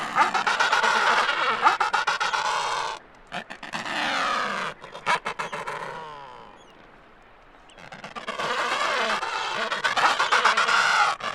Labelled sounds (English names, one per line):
Adelie Penguin call